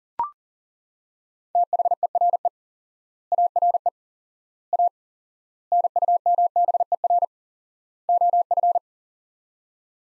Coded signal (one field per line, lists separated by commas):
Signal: Morse code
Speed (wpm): 40 wpm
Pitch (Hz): 700 Hz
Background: none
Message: THERE ARE A NUMBER OF